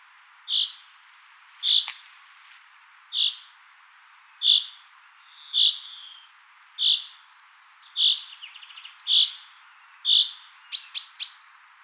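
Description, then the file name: Common chaffinch calling with clipped, high, single notes about once a second, a sharp click early on and a brief buzzy flourish near the end. "Fringilla coelebs"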